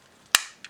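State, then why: Seated. The middle plastic socket of a Transformers Titans Return Fortress Maximus robot toy is pressed into the red body part during transformation. A sharp, bright snap at 0.4 s is followed by a fainter tick at 0.6 s, and the joint is locked in place.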